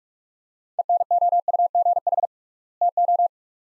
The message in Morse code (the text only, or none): ENOUGH TO